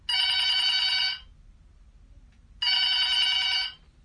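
A telephone rings twice, each burst about a second long with a bright, buzzy, warbling tone, separated by a short quiet pause. Nobody speaks.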